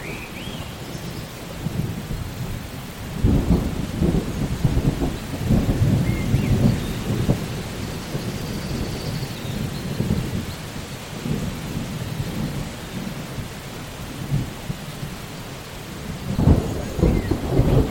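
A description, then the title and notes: Steady rain patters on leaves throughout, a dense, even hiss with drips. Low, rolling thunder rumbles, swelling around three to seven seconds and again near the end. A few faint bird calls sound in the background. Rain In An Idyllic Rainforest | Relaxing Rain Sounds, Soft Thunder & Nature Sounds. Relaxing raindrops dance upon leaves, a soft thunder reverberates through the air, and birds serenade the lush landscape. The gentle patter of raindrops creates a rhythmic lullaby.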